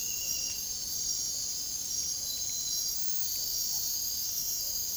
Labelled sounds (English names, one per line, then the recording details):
none
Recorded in dense forest near Puerto Asís, Putumayo, Colombia, on 22 June 2025 at 00:00
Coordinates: 0.503, -76.323
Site G059